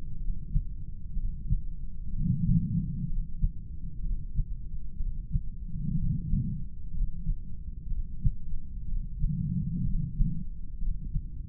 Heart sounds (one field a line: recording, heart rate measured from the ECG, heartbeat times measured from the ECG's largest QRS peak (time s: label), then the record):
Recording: heart sounds by stethoscope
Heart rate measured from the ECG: 62 bpm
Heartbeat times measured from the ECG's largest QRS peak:
0.20 s: heartbeat
1.16 s: heartbeat
2.12 s: heartbeat
3.08 s: heartbeat
4.03 s: heartbeat
4.99 s: heartbeat
5.97 s: heartbeat
6.94 s: heartbeat
7.90 s: heartbeat
8.87 s: heartbeat
9.85 s: heartbeat
10.81 s: heartbeat
From the record:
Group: heart failure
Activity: rest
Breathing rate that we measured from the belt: 17 breaths a minute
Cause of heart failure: non-ischemic cardiomyopathy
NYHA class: 1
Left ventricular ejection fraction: 25%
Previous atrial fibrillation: present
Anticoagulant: apixaban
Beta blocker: bisoprolol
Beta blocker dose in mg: 7.5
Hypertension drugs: sacubitril-valsartan, spironolactone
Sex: male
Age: 48 years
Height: 183 cm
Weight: 96 kg